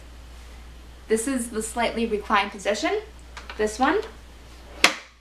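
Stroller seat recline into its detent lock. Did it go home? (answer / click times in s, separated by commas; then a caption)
yes / 4.8 s. A Stokke Xplory stroller seat is tilted into its fully reclined position while someone talks, and the recline locks into its detent with a single loud, sharp snap at 4.8 s. The seat is confirmed seated in the full recline.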